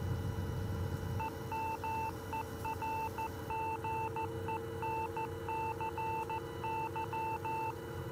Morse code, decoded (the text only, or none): EMERGENCY